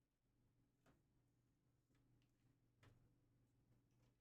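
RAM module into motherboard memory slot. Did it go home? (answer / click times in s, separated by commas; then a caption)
no / none. A RAM memory module is pressed into a motherboard DIMM slot, with a steady low hum and a few faint, soft ticks near 0.9 and 2.9 seconds. Unlike the other RAM that was installed, this module gives no click, so it has not clicked or seated yet.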